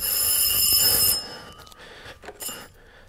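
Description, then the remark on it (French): An orange push-button telephone, found at a flea market, rings again with a loud, steady, high electronic trill for about a second, then cuts off, leaving only faint scattered bits of tone and noise. “Il sonne de nouveau. Le téléphone à touche orange qu'elle a trouvé dans l'une des innombrables brocantes de notre quartier.”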